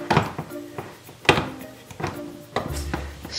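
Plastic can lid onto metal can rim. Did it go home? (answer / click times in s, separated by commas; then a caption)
no / none. A plastic can lid is pressed repeatedly onto the rim of a metal can, making a series of short knocks and thunks, the sharpest near 1.3 s and 2.6 s. The lid does not grip securely and is still not latching on; nothing has seated or clicked yet.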